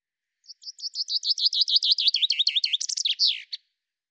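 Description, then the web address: Common chaffinch song, a rapid run of repeated downward-sweeping notes ending in a loud terminal flourish. "Deverinetal 2025 File cleaned normalized Bird Fr Co"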